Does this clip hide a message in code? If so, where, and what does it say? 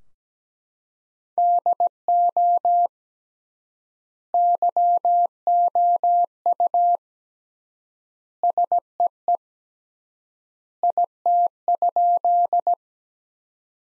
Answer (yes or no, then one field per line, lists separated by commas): yes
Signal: Morse code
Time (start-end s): 1.4-12.7 s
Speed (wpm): 17 wpm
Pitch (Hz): 700 Hz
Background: none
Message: DO YOU SEE IT?